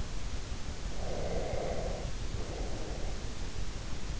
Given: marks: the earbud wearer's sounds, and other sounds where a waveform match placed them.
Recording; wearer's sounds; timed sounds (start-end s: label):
sounds in sleep by an in-ear microphone; breath
0.96-3.37 s: breath